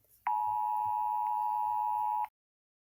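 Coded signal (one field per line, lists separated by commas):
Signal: Emergency Alert System (SAME) tones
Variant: 853 and 960 Hz attention tone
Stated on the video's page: Simulated EAS scenario alert tones, not a real broadcast.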